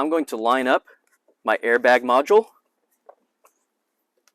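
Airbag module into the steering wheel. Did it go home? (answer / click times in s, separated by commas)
no / none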